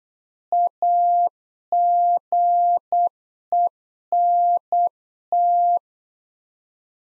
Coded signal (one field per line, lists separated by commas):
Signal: Morse code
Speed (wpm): 8 wpm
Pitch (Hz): 700 Hz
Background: none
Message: AGENT